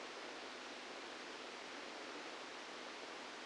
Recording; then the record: brain microelectrode recording played as sound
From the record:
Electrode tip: inside the subthalamic nucleus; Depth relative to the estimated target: -2 mm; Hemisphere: left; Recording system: NeuroSet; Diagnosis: Parkinson's disease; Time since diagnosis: 17 years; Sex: male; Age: 64 years